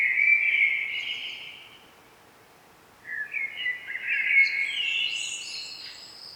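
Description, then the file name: Common blackbird singing two phrases: a short fluted one, a quiet gap, then a longer warble ending in high squeaky notes. "Turdus merula"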